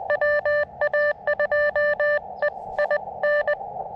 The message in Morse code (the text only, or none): WA2E I N